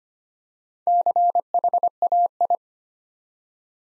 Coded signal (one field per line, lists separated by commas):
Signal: Morse code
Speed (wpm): 25 wpm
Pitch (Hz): 700 Hz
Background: none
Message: CHAI